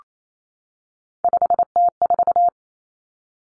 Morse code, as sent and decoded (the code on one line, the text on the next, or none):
..... - ....-
5T4